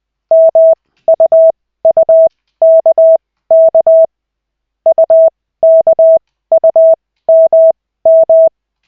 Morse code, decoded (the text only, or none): MUUKK UKUMM